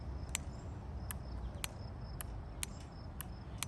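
The steel safety/decocker lever on the slide of a Beretta 80X pistol is pushed up only partway, to the wall before it starts decocking, and snaps into a false intermediate detent that is not a real safe setting. Sharp, clearly audible clicks land at about 0.4, 1.6, 2.6 and 3.6 seconds, with softer ticks between them over a steady high insect-like hiss.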